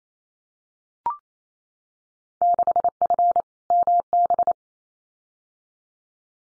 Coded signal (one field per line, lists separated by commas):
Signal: Morse code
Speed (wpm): 28 wpm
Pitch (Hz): 700 Hz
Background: none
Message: 6F MB